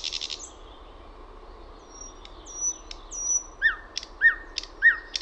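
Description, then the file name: Thrush nightingale song opening with a buzzy burst, followed by thin drawn-out whistles, then three evenly spaced, sharp chirping notes. "SATAKIELI"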